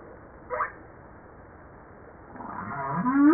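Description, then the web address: Humpback whale song: a short faint upsweep, then quiet, then a rising harmonic moan building at the end. Recorded 5 March 1994 at 09:52; from a 2013 JASA publication. "Humpback-01 940305-0952 940305-0952 part 1"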